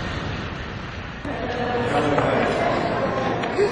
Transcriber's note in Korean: 현장음: 워싱턴 공항